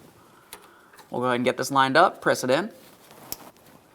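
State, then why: Seated. Someone talks as the plastic electrical connector of a rear ABS wheel speed sensor on a 2015-2020 Ford F-150 is lined up and pressed into its mating vehicle harness connector. A sharp click at 3.3 s shows the connector has seated, and a tug confirms it is secured.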